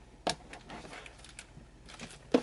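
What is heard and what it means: The detachable boom microphone of a Turtle Beach Elite Pro 2 gaming headset, lined up by its white strip with the strip on the earcup socket, is pushed in. Faint handling taps and rustles lead to a loud, sharp snap at 2.3 s. The microphone is seated in the headset.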